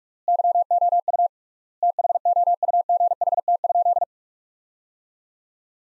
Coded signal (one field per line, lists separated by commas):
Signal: Morse code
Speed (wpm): 46 wpm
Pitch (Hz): 700 Hz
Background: none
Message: YOU THOUGHT?